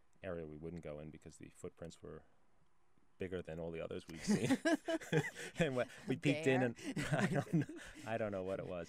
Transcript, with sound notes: area we wouldn't go in because the footprints were bigger than all the others we'd seen... [laughs] And we -- we peeked in and I don't -- I don't know what it was.